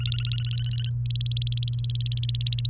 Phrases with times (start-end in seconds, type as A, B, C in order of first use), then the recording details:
0.00-0.90 A, 1.06-2.68 B. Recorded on 28 April 2018 at 09:02. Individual llb3